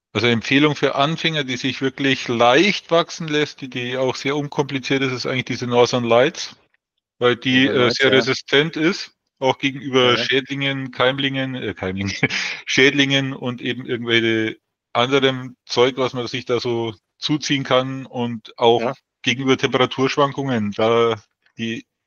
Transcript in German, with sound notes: Also Empfehlung für Anfänger, die sich wirklich leicht wachsen lässt, die auch sehr unkompliziert ist, ist eigentlich diese Northern Lights, weil die sehr resistent ist, auch gegenüber Schädlingen, Keimlingen, äh, Keimlingen, (lacht) Schädlingen und eben irgendwelche anderem Zeug, was man sich da so zuziehen kann und auch gegenüber Temperaturschwankungen, da, die